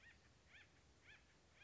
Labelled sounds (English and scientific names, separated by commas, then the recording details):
Acorn Woodpecker (Melanerpes formicivorus)
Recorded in Sonoma County, California